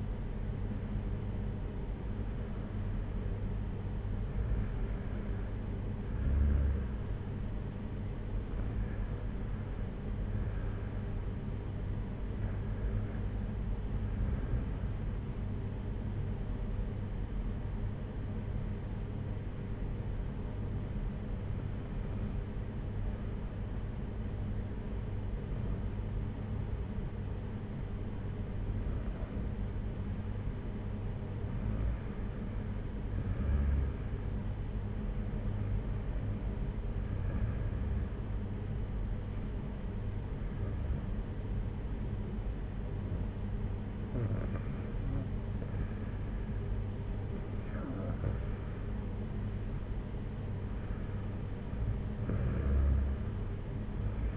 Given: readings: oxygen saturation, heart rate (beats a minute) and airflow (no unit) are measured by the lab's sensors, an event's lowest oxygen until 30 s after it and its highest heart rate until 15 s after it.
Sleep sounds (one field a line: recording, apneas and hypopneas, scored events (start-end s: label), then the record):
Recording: breathing in sleep by a smartphone at the bedside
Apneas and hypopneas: 1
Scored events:
16.00-30.90 s: hypopnea (REM, oxygen 96% highest, then 92% lowest, heart rate 55 at the start, 63 highest)
From the record:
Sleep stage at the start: REM sleep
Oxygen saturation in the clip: 92 to 96%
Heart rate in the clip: 49 to 70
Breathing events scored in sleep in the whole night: 226 in 8.8 hours asleep